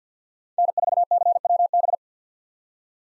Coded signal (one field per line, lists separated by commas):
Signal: Morse code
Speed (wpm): 50 wpm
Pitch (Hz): 700 Hz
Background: none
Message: N4CWB